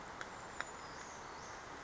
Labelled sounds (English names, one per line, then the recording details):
Brown Creeper
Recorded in Sonoma County, California